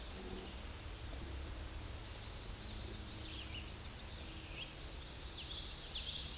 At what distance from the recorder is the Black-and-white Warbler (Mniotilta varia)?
about 35 m